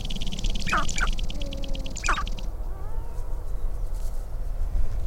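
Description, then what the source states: Sharp-tailed grouse giving a pair of sharp, falling cackling notes and then another, over a rapid buzzing rattle that stops halfway through. Recorded 22 April 2005.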